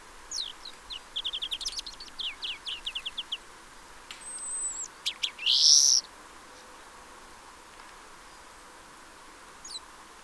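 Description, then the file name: European greenfinch giving a quick twittering trill for about three seconds, then a thin whistle and one loud buzzy wheeze, followed by near silence. "Chloris chloris"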